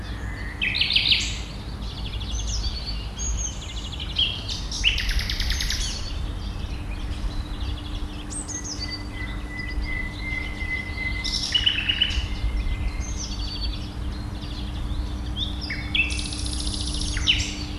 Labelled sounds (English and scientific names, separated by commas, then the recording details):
Common Nightingale (Luscinia megarhynchos) song
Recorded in the wild
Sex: male
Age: adult
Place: Malchower Aue, Berlin, DE
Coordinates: 52.5808, 13.4886
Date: 1990-05-01 19:45
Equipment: Riporter 6 RG-K, Halbspur, Sennheiser MKH 416 T
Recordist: Frommolt, Karl-Heinz